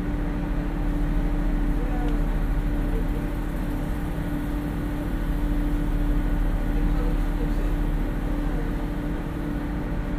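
Aboard the small harbour passenger ferry, a heavy engine drone runs steady and unbroken, with a deep throb and a fixed humming tone sitting above it. Faint, indistinct voices blur into the background, and nothing rises clearly above the constant machinery.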